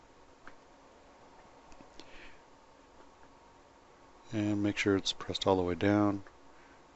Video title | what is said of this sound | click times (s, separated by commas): How To Fix Light Bleed On BLI AC6000 | push those out and with the other hand push down on the cab and it should snap right in just like that and | 0.5 s, 2.0 s